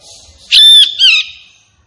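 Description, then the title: Grey-cheeked bulbul producing a loud two-part phrase, a ringing whistled note followed by a shorter, slightly falling harsh note. Captive bird singing energetically and excitedly, as tutoring material (masteran) for training other caged birds. "Cucak Jenggot Gacor. Cucak Jenggot Emosi Untuk Masteran"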